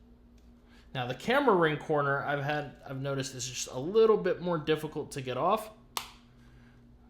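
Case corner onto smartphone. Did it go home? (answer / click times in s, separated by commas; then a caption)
yes / 6.0 s. Someone talks as the camera-side corner of a Phone Rebel Gen 5 Frosted plastic case is pressed onto an iPhone 15 Pro Max. A single sharp click is heard at 6.0 s as the corner seats onto the phone.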